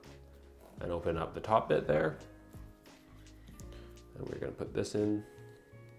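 Someone talks while opening the top of the plastic HME housing on a ResMed AirMini travel CPAP and getting the HME humidifier cartridge ready to push in, with faint music underneath and a few soft handling taps. The cartridge is handled but has not seated or clicked into the housing yet.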